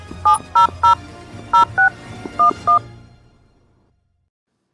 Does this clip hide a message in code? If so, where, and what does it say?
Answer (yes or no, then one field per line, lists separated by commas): yes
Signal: DTMF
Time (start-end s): 0.2-2.8 s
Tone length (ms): 120 ms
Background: music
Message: 700 06 11